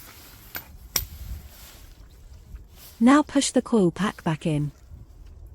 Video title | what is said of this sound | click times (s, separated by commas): Mini Hatch 1.4 1.6 Cooper R56 2006 to 2015 How to change Spark Plugs and Coil Pack DIY Service | up the plug until you hear the click | 1.0 s